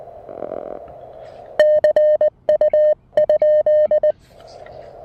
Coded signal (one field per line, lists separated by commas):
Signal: Morse code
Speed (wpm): 19 wpm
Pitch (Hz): 3050 Hz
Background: none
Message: CU ?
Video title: A quick Emtech ZM-2 manual ATU tutorial and POTA activation with the Mountain Topper MTR-4B!